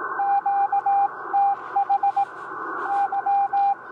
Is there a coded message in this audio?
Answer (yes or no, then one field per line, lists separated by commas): yes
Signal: Morse code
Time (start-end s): 0.2-3.7 s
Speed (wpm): 18 wpm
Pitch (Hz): 800 Hz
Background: radio noise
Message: QTH Y